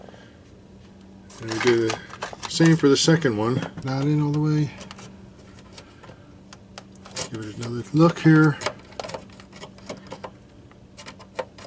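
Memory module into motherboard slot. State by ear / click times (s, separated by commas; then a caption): not seated / none. Someone talks while handling a second memory module at a motherboard slot, with brief faint ticks and handling noises between the phrases. The clip ends before the module goes home; nothing has seated or clicked yet.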